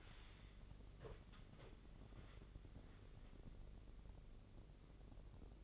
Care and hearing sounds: daily activity, microphone in the room; wipe stove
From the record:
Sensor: 4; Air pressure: 1013.2 hPa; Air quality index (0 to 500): 176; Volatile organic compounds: 2 ppm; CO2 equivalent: 1110 ppm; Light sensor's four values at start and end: 93/232/96/101 and 92/232/95/100

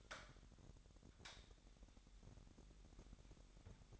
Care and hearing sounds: daily activity, microphone in the room; light on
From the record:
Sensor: 3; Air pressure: 1011.9 hPa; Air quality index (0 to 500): 233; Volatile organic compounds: 5 ppm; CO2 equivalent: 1733 ppm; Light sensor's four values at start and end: 15/35/15/15 and 17/44/18/18

